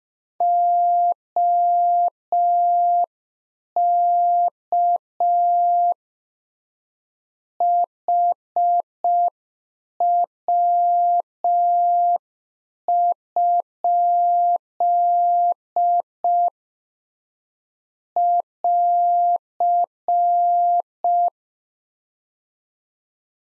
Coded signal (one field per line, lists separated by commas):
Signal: Morse code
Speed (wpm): 5 wpm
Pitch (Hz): 700 Hz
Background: none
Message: OK HW? <AR>